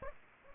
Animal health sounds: mosquito wingbeat signal from an infrared sensor; Aedes aegypti

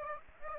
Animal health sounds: mosquito wingbeat signal from an infrared sensor; Aedes aegypti

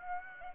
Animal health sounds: mosquito wingbeat signal from an infrared sensor; Aedes aegypti

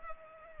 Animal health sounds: mosquito wingbeat signal from an infrared sensor; Culex pipiens

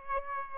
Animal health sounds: mosquito wingbeat signal from an infrared sensor; Aedes albopictus

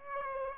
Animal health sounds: mosquito wingbeat signal from an infrared sensor; Aedes aegypti

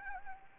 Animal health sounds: mosquito wingbeat signal from an infrared sensor; Anopheles gambiae

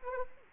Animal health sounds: mosquito wingbeat signal from an infrared sensor; Anopheles arabiensis

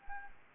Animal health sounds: mosquito wingbeat signal from an infrared sensor; Anopheles gambiae

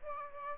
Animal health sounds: mosquito wingbeat signal from an infrared sensor; Aedes albopictus

